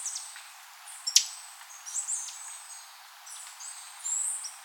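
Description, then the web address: Bird calls: thin high whistled notes and one sharp click, sparse, over a steady hiss. "BIRD 2015 SABIOD 50 bird 2015"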